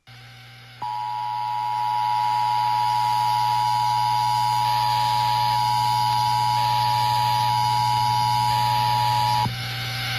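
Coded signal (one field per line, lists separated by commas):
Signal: Emergency Alert System (SAME) tones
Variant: 853 and 960 Hz attention tone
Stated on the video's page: Required monthly tests recorded from broadcast TV stations in Michigan, kept close to the original broadcast with uneven audio levels.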